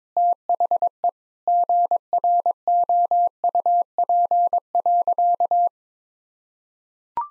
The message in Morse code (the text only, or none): THE GROUP.